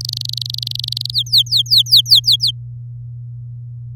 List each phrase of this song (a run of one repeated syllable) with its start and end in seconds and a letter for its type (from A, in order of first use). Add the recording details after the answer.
0.00-1.11 A, 1.13-2.51 B. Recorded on 8 May 2018 at 13:23. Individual llb16